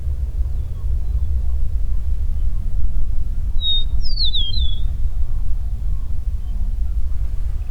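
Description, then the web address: Eastern meadowlark song, one brief phrase midway: a sustained whistle leading into quick descending slurred notes, set against continuous low-pitched background rumble. "sound Eastern-meadowlark. صدای-پرنده-چمن-چکاو-شرقی"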